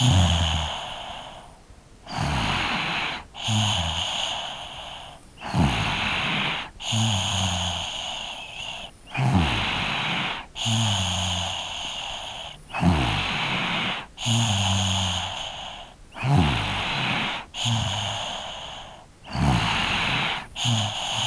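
Snoring breaths, about 17 a minute, with low fluttering snorts on each breath in a 3-year-old child, recorded in the field.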